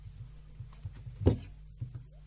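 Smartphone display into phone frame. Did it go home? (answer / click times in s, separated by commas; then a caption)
yes / 1.3 s. A replacement display is slowly lowered and pressed into the frame of a Samsung J5 smartphone during a refurbishment. Several soft taps and presses are heard, and the loudest hit at 1.3 s is where the screen seats in place.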